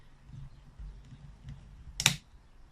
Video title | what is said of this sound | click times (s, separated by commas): One Leaf Commander NV100 - Initial thoughts and tests | hear it clicking it's a bayonet fit in so that is it set up on the rifle | 2.0 s, 2.1 s